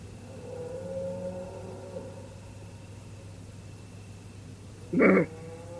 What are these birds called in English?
none